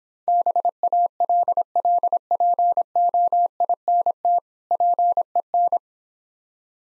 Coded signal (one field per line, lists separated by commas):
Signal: Morse code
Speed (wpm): 26 wpm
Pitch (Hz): 700 Hz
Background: none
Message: BALLPOINT PEN